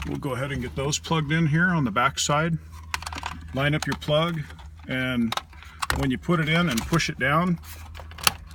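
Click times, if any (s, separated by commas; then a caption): 8.3 s. A wiring harness plug is lined up and pushed down onto a connector on the back side of the dash bezel of a 2000–2006 first-generation Honda Insight. Someone talks throughout over a low hum, with a burst of sharp ticks near 2.9–3.3 s and a few soft ticks just before the click. The plug seats with a sharp click at 8.3 s.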